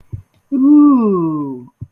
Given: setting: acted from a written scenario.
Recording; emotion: vocal sound without words; adoration